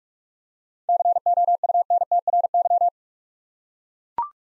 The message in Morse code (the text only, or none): COUNTRY